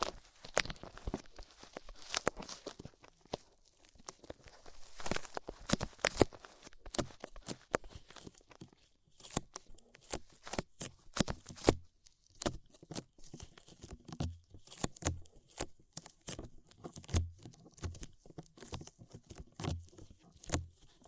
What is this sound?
Tingly Ear Cleaning Rhinestone & Clay Removal